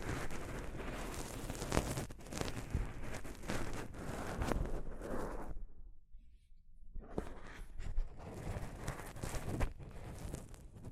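Soft fabric brushes over a microphone in dense, rumbling scrapes, dropping to near silence around six seconds before the rubbing resumes unevenly.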